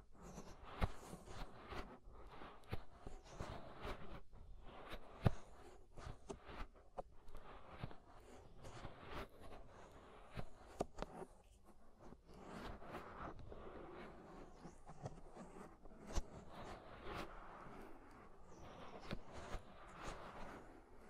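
Ear scraping, with dense rustling and scratching that comes in quick, irregular strokes throughout. Sharp clicks and brief louder scrapes stand out around 1, 5 and 16 seconds, over a steady low rumble and a soft hiss.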